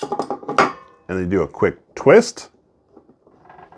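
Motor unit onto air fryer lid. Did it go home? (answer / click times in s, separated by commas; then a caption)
yes / 3.7 s. Someone talks while the motor unit of an Air Whirl Crisper stovetop air fryer lid is set onto the attachment pieces on top of the lid and given a quick twist. Faint handling taps follow near 3.0 s and 3.3 s, then a short click at 3.7 s as the motor locks and snaps into place on the lid.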